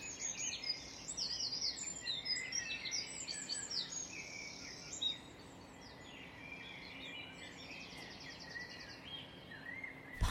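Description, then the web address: Birds in a dense dawn chorus, many overlapping high whistles, trills and rapid buzzy notes at once, over steady low background hiss. "birds singing dawn chorus birdsong"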